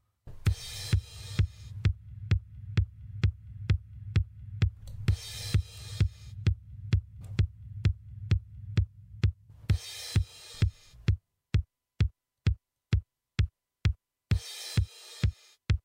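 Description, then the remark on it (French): An electronic kick drum thumps in a steady, fast pulse with deep low boom, punctuated by periodic bursts of bright noise; later the kicks turn drier and sharper, like hands slapping a table. “Presque on sent deux mains qui tapent sur la table.”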